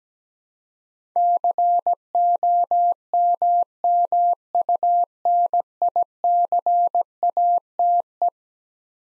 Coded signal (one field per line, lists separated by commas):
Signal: Morse code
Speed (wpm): 17 wpm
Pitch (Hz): 700 Hz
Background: none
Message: COMMUNICATE